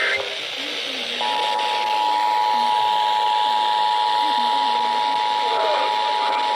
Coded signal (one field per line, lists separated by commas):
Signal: Emergency Alert System (SAME) tones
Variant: 853 and 960 Hz attention tone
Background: speech